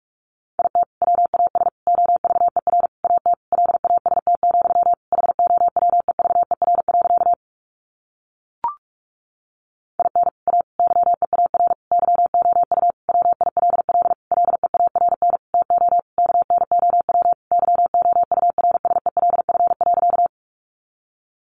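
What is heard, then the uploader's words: A message sent in Morse code: a steady mid-pitched tone keyed on and off in rapid short and long beeps. The keying runs from the start to about 7.5 seconds, pauses with a single brief click near 8.7 seconds, then resumes around 10 seconds and continues until about 20 seconds. Sentences from Top 600 Words 45wpm. First, the words are sent in Morse code.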